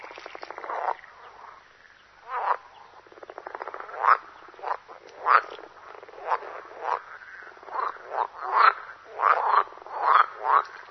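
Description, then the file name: Water frog short rattling croaks, becoming louder and more frequent in the second half. "groene kikker"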